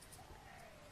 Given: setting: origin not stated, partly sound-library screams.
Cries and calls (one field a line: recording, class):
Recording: one-second piece from a danger detection set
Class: normal situation